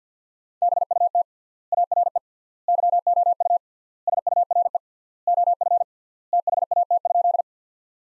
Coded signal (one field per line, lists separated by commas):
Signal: Morse code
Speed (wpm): 50 wpm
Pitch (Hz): 700 Hz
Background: none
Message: BUT ARE YOU SURE OF THAT?